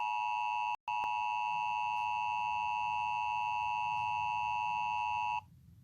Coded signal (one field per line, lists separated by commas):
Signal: Emergency Alert System (SAME) tones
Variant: 853 and 960 Hz attention tone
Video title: EAS Scenario: The End of Miami.